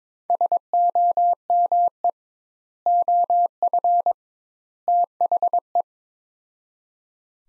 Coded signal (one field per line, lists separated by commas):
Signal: Morse code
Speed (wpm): 22 wpm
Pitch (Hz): 700 Hz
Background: none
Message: SOME OF THE